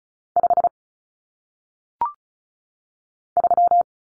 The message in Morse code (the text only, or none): 5 3